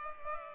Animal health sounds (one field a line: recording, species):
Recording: mosquito wingbeat signal from an infrared sensor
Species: Culex pipiens